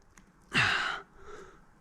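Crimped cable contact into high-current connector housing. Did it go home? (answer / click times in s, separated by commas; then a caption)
no / none. A crimped cable contact is held and lined up with a high-current connector housing, with the metal spring inside visible, while installing a power inverter in a Tesla Model Y. A faint tick sounds at about 0.2 s, then a loud breathy, sigh-like rush from 0.5 to 1.0 s and a softer airy tail until about 1.6 s. Nothing has seated or clicked yet.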